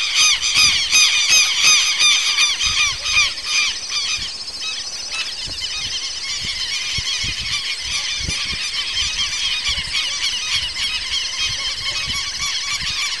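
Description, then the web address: Southern lapwing calls: loud, strident notes repeated in quick series, loudest at first, then quieter, with several birds overlapping. "cantos tero"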